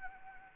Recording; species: mosquito wingbeat signal from an infrared sensor; Anopheles arabiensis